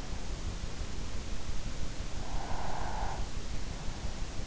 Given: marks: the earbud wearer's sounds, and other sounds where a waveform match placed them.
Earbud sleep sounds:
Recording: sounds in sleep by an in-ear microphone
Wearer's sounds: breath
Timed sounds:
2.33-3.64 s: breath

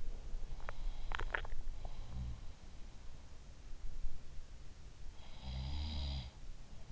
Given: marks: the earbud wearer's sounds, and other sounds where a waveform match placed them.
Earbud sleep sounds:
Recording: sounds in sleep by an in-ear microphone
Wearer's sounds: teeth grinding, swallowing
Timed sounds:
0.60-0.87 s: teeth grinding
0.60-1.70 s: swallowing
5.45-6.55 s: sound from someone else or the room

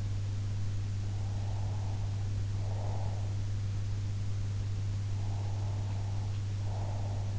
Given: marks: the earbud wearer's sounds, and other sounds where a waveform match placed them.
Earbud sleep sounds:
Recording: sounds in sleep by an in-ear microphone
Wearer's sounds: breath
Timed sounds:
1.19-3.37 s: breath
5.22-7.39 s: breath

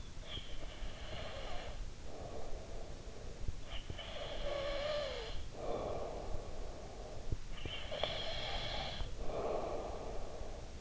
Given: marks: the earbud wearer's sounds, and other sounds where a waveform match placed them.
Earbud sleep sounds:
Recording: sounds in sleep by an in-ear microphone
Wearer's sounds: breath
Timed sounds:
0.00-10.81 s: breath

